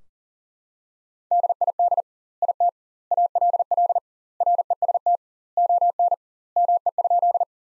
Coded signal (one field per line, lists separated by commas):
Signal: Morse code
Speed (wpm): 40 wpm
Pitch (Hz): 700 Hz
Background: none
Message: DID IT ALL REST ON ME?